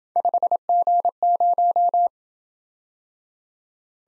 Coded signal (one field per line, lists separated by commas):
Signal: Morse code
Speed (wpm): 27 wpm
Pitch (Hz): 700 Hz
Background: none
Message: 5G0